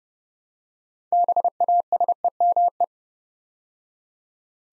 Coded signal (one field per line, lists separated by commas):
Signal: Morse code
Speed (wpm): 30 wpm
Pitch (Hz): 700 Hz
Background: none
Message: BASEME